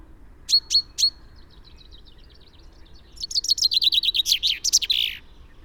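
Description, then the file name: Common chaffinch song: three sharp high notes, a soft run of ticks, then a quick descending series of bright chirps ending in a brief flourish. "Fringilla coelebs"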